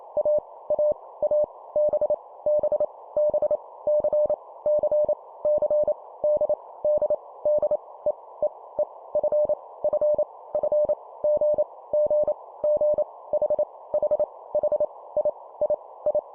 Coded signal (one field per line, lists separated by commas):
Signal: Morse code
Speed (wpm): 28 wpm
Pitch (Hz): 600 Hz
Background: none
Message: A A A B B B C C C D D D E E E F F F G G G H H H I I I